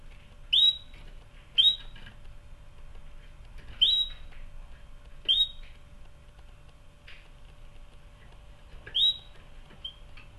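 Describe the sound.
Canary calling with short, bright, rising whistles, five at irregular intervals, against soft background hiss.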